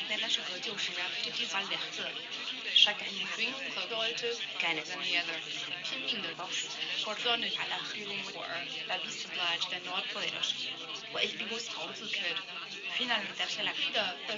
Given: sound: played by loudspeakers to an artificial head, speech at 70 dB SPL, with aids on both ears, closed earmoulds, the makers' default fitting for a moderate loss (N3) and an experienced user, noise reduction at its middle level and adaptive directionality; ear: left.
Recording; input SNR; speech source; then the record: speech test signal (ISTS) in cocktail-party noise; +3 dB; in front (0 degrees)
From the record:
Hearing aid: class 1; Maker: G